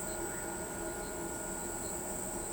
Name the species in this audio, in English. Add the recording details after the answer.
none. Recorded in pastures near Pivijay, Magdalena, Colombia, on 13 April 2023 at 00:00. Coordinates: 10.456, -74.369. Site P6-G026